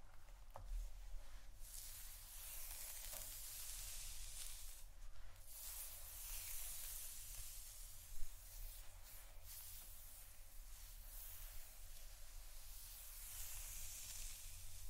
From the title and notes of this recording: ASMR Real Hair Brushing & Head Massage （No Talking）.